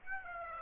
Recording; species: mosquito wingbeat signal from an infrared sensor; Aedes aegypti